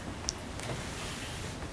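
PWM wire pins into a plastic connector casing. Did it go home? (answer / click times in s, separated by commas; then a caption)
no / none. Three PWM wire pins are being pushed by hand into a plastic connector casing on a robot's control wiring. A steady low background hum is broken by a short, sharp tick near 0.3 seconds and a fainter one near 0.6 seconds. The pins are only being handled, and nothing has seated or clicked into the housing yet.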